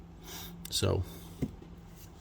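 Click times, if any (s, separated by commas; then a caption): 1.4 s. On a 2016 Jeep Cherokee, after the rear transfer case output seal is replaced, the driveshaft is pressed into the transfer case rear output until its snap ring engages. Someone talks, then a short, sharp click sounds at 1.4 s. The driveshaft has gone in far enough and the snap ring is seated in its proper place.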